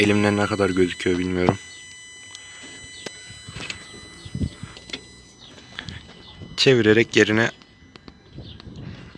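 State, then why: Not seated. A daytime running light bulb holder is turned and pushed into place in a Fiat's headlamp housing while someone talks, with a few small sharp handling taps and clicks between the speech. The clip ends before the holder goes home, so nothing has seated or clicked yet.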